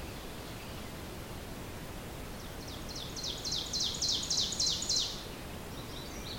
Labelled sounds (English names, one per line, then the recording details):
Ovenbird song
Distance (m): 25 m
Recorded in boreal forest in Alberta, Canada, on 4 June 2016 at 05:55
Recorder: SongMeter 3, array SBT-3-51
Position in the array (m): 274 m, 125 m
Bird 28